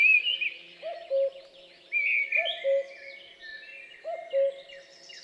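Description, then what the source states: Common Cuckoo song, a clear two-note cu-coo dropping in pitch, given three times beneath busy high chirping and trilling from other birds. Dawn chorus in forest at Champs des Blas, 3 June 2020; recorded with Nagra LB and MKH8020.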